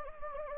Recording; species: mosquito wingbeat signal from an infrared sensor; Anopheles gambiae